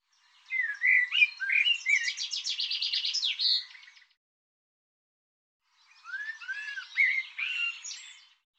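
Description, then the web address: Bird song: two phrases of mixed chirps, high buzzy trilled notes and rising and falling whistles, with about two seconds of silence between them. Recording cleaned and normalized; bird labelled 'Tu Me Tu Me'. "cianscape birddata Deverinetal 2025 File cleaned normalized Bird Tu Me Tu Me"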